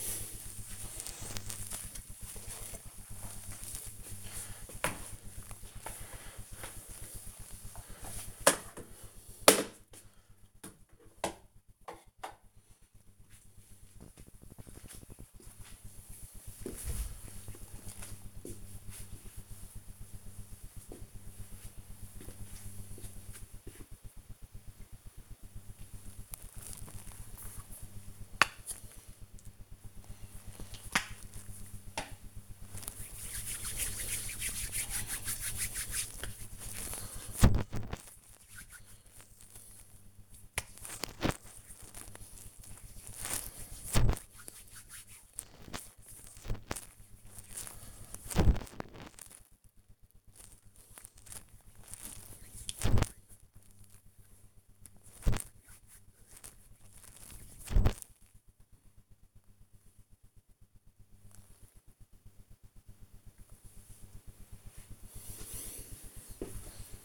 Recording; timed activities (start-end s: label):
household activities, microphone on the right wrist
0.00-12.84 s: floor cleaning
25.95-58.16 s: cream hands